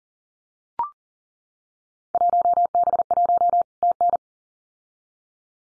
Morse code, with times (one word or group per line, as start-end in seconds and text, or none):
2.1-3.6 1B1
3.8-4.2 TN